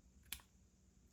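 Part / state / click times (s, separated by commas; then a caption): 3D printed tail attachment onto adaptive computer mouse / seated / 0.3 s. A 3D printed plastic tail attachment is slotted onto a Microsoft adaptive mouse body, with its cover slid off, and pushed in. A single sharp, bright click sounds at 0.3 s against a quiet background. The tail seats with a pretty nice fit.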